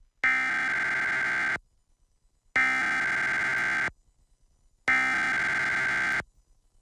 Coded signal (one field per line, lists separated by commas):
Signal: Emergency Alert System (SAME) tones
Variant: header bursts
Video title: KOAM/KGET/WGBA/WBAY/KQDS Emergency Alert System (EAS) Tests, Summer 2021